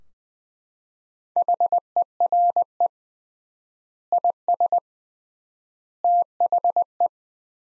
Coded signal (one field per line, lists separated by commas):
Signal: Morse code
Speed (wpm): 20 wpm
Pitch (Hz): 700 Hz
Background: none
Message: HERE IS THE